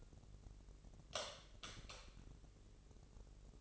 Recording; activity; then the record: daily activity, microphone in the room; light off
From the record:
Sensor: 4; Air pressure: 996.1 hPa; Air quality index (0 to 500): 66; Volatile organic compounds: 2 ppm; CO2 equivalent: 1186 ppm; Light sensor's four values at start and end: 18/46/18/18 and 15/34/13/13